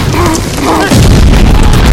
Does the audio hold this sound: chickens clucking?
no